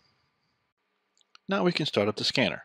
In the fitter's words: and it will click into place. The little lever will overlap the battery slightly, and the door will close.